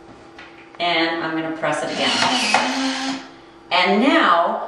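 The sliding guide on a hand bookbinding hole punch is pulled outward to space the next hole, and a single short click is heard at 0.4 s as it seats into its next detent stop. Someone then talks.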